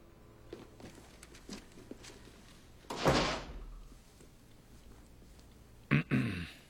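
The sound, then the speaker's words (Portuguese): A door is pushed shut: a broad rushing creak and low rumble, then a few seconds later a sharp double clack as it latches, with faint shuffling around it. “Fecha a porta.”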